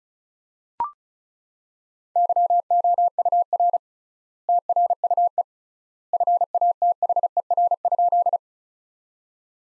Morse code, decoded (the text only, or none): YOUR TRUE FATHER?